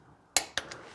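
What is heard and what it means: A click-type torque wrench is pulled on a steel engine bolt of a 1967 International Harvester 444 diesel tractor and gives a sharp double click at 0.4 and 0.6 seconds, followed by a faint tick at 0.7 seconds. The wrench clicks at its setting, confirming the bolt is properly torqued.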